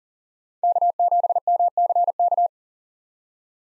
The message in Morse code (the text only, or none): K7MCK